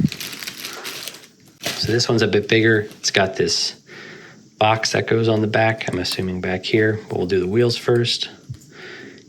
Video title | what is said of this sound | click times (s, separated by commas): Armies in Plastic American Revolution Set Reviews | Get that nice satisfying click. | 9.2 s